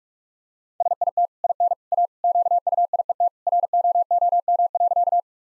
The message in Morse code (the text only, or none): SIT IN A QUIET ROOM.